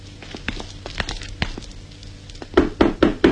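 Knocking on a door by members of the Angel theatre troupe asking to be let in: a few soft, scattered taps at first, then four louder, sharp raps in a quick, steady rhythm at the end. No voices.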